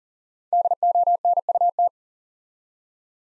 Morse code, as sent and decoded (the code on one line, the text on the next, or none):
-.. --- -. ..- -
DONUT